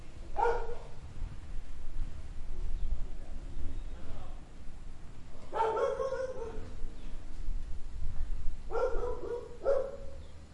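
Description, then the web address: Dog barking: a single bark, a double bark near six seconds, then two more barks about a second apart, over low background rumble. "som de ladrar de cao"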